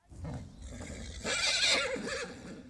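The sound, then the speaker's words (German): A horse lets out a loud, high whinny that trembles and wavers in pitch for a couple of seconds, with a low rumbling snort at the start and no voices. “Ein Pferd. Und Kleider. Waffen und Schmuck.”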